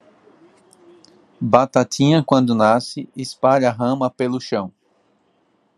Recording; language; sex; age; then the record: short text; Brazilian Portuguese; male; 30 to 39 years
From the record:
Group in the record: control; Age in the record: 33 years